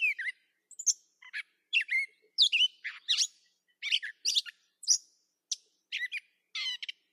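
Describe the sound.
Catbird giving a rapid jumble of scratchy chips, squeaks and brief whistles, one phrase after another separated by short pauses, against a silent background.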